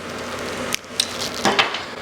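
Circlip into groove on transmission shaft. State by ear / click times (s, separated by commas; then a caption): not seated / none. The final steel circlip, curved side to the right, is spread with circlip pliers and pushed down the splined gearbox shaft of a KX250 two-stroke dirt-bike transmission. Short sharp metallic ticks and scrapes sound at about 0.7, 1.0, 1.5 and 2.0 seconds over a steady low background hiss. Nothing has seated or clicked into the groove yet.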